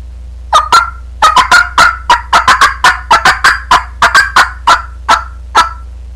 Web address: turkey quack call sound